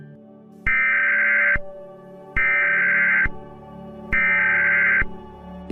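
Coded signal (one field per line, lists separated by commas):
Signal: Emergency Alert System (SAME) tones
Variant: header bursts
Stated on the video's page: Animated fictional EAS alarm.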